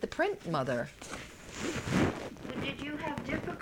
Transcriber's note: there is a disturbance in the microphone